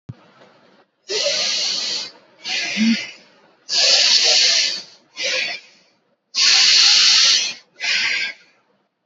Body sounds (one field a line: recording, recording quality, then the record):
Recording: deep breathing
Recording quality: excellent, no background noise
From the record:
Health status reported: exposed to COVID-19, no respiratory illness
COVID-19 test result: negative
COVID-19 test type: RT-PCR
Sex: female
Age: 24 years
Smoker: no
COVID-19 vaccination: both doses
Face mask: worn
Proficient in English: yes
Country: India